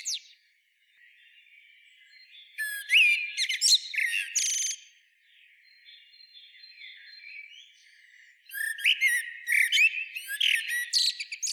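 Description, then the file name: Common blackbird calls: faint twittering at first, then loud clusters of shrill, scratchy notes, a lull, and a final run of sharp chirps. "Turdus merula"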